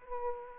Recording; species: mosquito wingbeat signal from an infrared sensor; Aedes aegypti